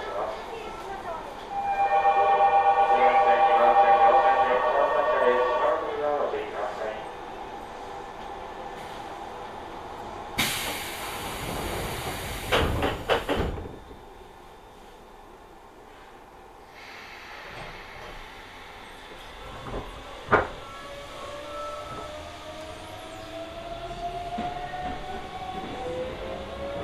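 A train ride from the Hokuso Railway onto the Toei Asakusa Line, from Higashi-Matsudo to Ningyocho. Early on comes a loud stretch with a steady whining motor tone. Around ten to fourteen seconds there is a bright hissing burst with clatter and a sharp knock near twenty seconds, and then the low rumble continues with a rising tone.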